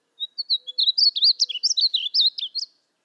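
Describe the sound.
Painted Bunting song: a rapid, sweet warble of varied high slurred notes, many notes run together over two and a half seconds.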